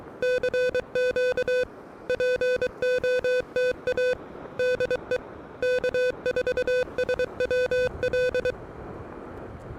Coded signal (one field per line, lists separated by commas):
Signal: Morse code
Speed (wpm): 23 wpm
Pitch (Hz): 500 Hz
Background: music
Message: CQ POTA DE K4SWL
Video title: Early Morning Morse Code: Pedestrian Mobile & QRP at Fort Fisher State Recreational Area!